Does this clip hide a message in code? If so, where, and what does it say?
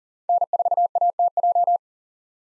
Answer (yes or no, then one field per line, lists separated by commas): yes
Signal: Morse code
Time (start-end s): 0.3-1.8 s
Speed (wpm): 40 wpm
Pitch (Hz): 700 Hz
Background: none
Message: N4ATJ